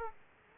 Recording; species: mosquito wingbeat signal from an infrared sensor; Aedes aegypti